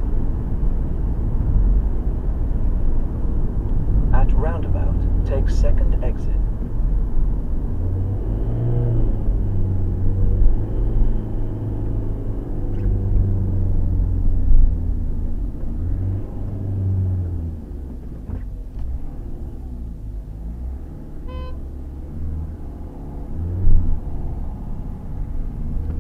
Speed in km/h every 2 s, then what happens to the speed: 69, 68, 64, 60, 52, 47, 42, 32, 3, 0, 0, 0, 16.
3-17 brakes to 0. 17-22 standing. 22-26 pulls away to 16.